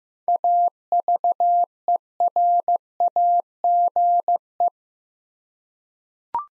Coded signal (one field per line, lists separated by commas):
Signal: Morse code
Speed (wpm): 16 wpm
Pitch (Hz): 700 Hz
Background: none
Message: AVERAGE